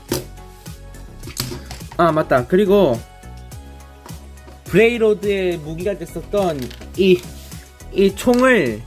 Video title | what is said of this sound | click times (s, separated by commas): [크로스 콤비네이션 시스템] 토이타임: 마하피스+브레이로드 세트 | 다음엔이 바퀴 부분을 딸깍 소리가 날 때까지 이렇게 접어주세요 아 | 1.4 s